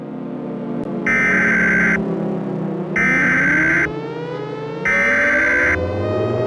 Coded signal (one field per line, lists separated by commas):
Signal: Emergency Alert System (SAME) tones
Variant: header bursts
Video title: The Beast In the Mountains (EAS Scenario)